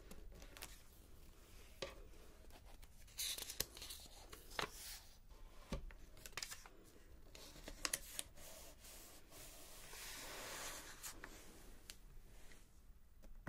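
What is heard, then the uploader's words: Papery rustling and rubbing of pages turning, with scattered sharp clicks and taps throughout and a denser scraping swell near ten seconds. Page Turning, Typing and Book Stamping.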